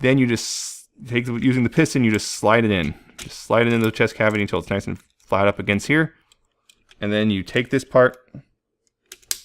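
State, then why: Seated. Someone talks while sliding a piston into the chest cavity of a Transformers Masterpiece MP-35 Grapple toy robot until it sits flat, then pushes in a plastic part to finish the backpack. A sharp plastic click at 9.3 s marks the part seating and locking the backpack assembly together.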